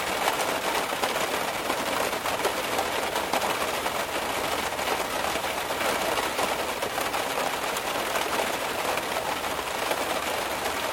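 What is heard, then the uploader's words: Heavy rain drums steadily on a car, a dense, unbroken hiss of countless fast hits with a soft low rumble underneath throughout. Heavy Rain on Car (Interior Acoustic).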